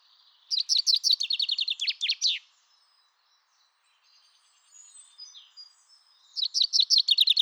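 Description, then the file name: Common chaffinch song: a bright, rattling series of notes ending in a sharp flourish, then a pause with faint chirps before the song starts again. "Fringilla coelebs"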